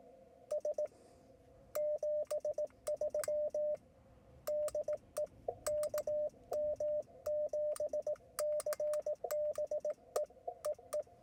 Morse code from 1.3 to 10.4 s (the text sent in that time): 73 DE KM7CBE